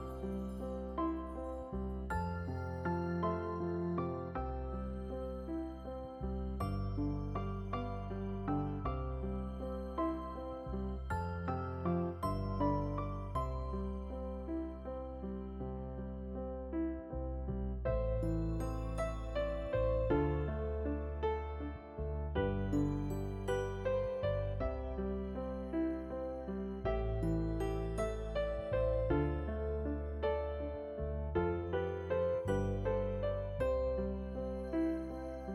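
Gentle, soft melodies play over warm, low sustained chords that shift every few seconds at a steady, even loudness, with occasional faint ticks.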